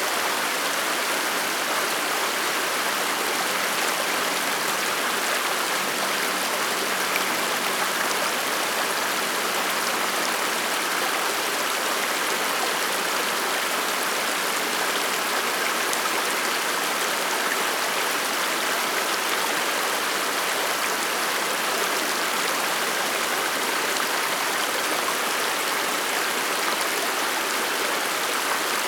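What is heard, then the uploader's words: A fast stream rushes past in a dense, unbroken hiss and splash that holds steady for the whole half minute. The sound is bright, filling the upper range with fine spray, with little low rumble beneath and no other sounds. Fast Rushing Stream.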